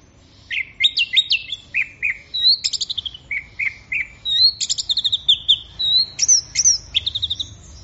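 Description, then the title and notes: Orange-headed thrush in continuous, varied song: fast high whistles, rapid trills and sliding notes tumbling one after another. Bird in gacor (full, vigorous) song. "Anis Merah Gacor Teler. Kumpulan Suara Burung Anis"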